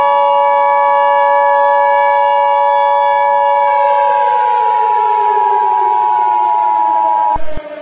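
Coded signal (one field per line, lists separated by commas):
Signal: Emergency Alert System (SAME) tones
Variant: 853 and 960 Hz attention tone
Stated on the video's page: Fictional EAS scenario, not a real alert.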